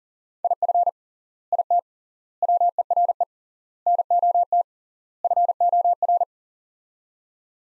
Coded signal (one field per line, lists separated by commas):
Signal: Morse code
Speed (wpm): 40 wpm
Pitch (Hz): 700 Hz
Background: none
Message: IF IT WERE NOT FOR